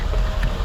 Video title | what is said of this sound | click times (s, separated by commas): วิธีการติดตั้งแบบISOFIX - Nuna Revv | ขอให้มีเสียงแก๊กแค่มันล็อกนะครับเลขล็อคแล้วข้างนี้เหมือนกันนะครับผมเสียบ | 0.4 s